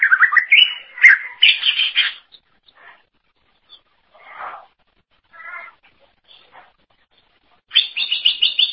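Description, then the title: Greater green leafbird song: bright slurred whistles and rich chattering bursts at the start and end, with a few scattered short notes in the quiet middle. "Cucak ijo"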